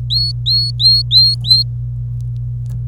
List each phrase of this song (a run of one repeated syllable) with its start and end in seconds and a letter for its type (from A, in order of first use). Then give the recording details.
0.00-1.63 A, 2.86-2.87 B. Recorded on 26 April 2018 at 07:09. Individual llb3